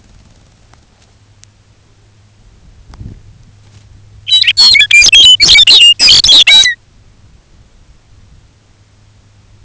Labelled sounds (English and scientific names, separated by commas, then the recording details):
Lapland Longspur (Calcarius lapponicus)
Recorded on Arctic tundra, site UTQI-5, on 19 June 2019
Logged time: 22:00